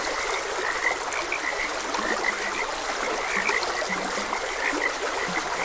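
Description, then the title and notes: Frogs give clipped, repeated croaks, some higher and some deep and low, over a gently rushing stream. Frogs croaking beside a gentle stream. "Gentle Stream and Frogs Croaking. Sleep and Relaxation Podcast"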